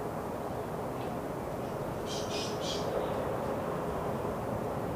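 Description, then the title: Flying fox squawks: three short, rasping bursts close together midway through, over constant low traffic noise. Flying fox colony at Carrington Mangroves just before dusk, with traffic. "Carrington Mangroves. Bat colony just before dusk"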